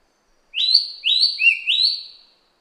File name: suara burung cissa thalassina ekek keling